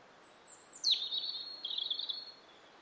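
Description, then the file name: European robin phrase starting with a thin high whistle that slides steeply downward, followed by a rapid trilling warble holding a fairly even high pitch, soft hiss behind. "Erithacus rubecula"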